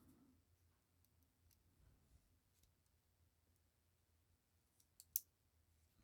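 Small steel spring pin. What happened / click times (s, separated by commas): The strap's spring bar fails to catch in the lug / none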